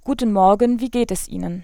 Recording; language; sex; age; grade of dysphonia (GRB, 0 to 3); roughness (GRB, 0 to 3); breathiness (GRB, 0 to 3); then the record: spoken sentence; German; female; 30 to 39 years; 0; 0; 0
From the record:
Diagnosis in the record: hyperfunctional dysphonia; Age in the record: 31 years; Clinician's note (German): Ponogen